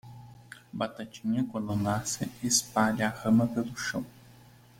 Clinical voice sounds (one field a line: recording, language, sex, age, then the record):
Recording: short text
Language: Brazilian Portuguese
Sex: male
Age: 20 to 29 years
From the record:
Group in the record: control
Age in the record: 25 years